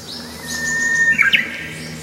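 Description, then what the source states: Japanese bush warbler song: a sustained pure whistle ending in a brief twisting flourish, with a fainter high whistle from another bird above it. Known in Japan as the uguisu, the bird that announces spring; other birds answer the singer.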